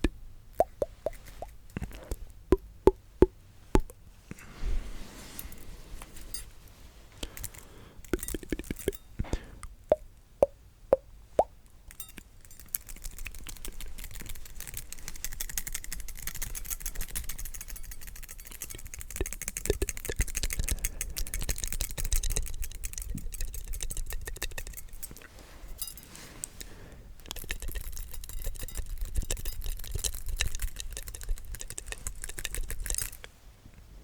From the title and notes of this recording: ASMR The MOST Tingly MOUTH Sounds.